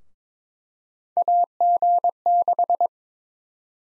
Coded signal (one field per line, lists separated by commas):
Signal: Morse code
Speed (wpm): 22 wpm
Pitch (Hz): 700 Hz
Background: none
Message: AG6